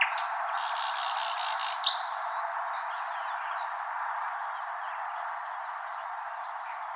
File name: słowik szary eetu paljakka